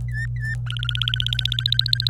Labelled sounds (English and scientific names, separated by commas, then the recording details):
Domestic Canary (Serinus canaria) song
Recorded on 25 April 2018 at 16:19
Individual llb3